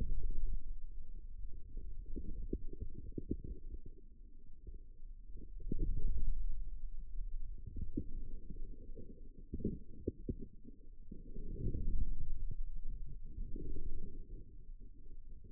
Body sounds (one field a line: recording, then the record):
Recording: forearm muscle sounds (acoustic myography)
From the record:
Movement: outward rotation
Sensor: system 2, bracelet of six BSWA MPA416 microphones around the upper forearm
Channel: 4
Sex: male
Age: 22 years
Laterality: right